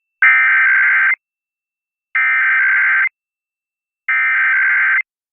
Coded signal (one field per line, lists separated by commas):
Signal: Emergency Alert System (SAME) tones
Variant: header bursts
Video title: A bunch of EAS tests